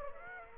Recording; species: mosquito wingbeat signal from an infrared sensor; Aedes aegypti